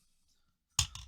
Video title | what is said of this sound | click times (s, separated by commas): Gerber "Truss" MULTI-TOOL Unboxing | locks into place when you fully extend it so it won't just bend in | 0.8 s